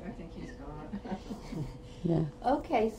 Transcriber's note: chuckles